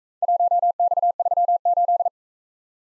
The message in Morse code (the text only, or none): 1X38